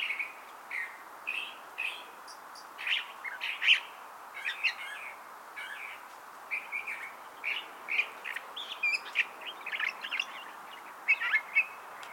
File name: Toxostoma redivivum - California Thrasher